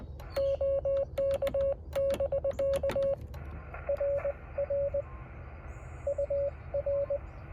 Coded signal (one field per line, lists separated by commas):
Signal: Morse code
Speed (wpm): 20 wpm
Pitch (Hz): 560 Hz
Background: radio noise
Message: OK<BK> RR UR